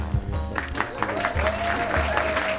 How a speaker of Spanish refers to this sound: Déjame poner unos aplausos para.